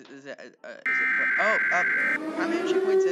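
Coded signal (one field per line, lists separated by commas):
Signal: Emergency Alert System (SAME) tones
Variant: header bursts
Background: speech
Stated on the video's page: Fictional EAS scenarios.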